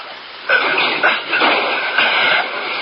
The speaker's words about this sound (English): Well, let's get the garage door shut.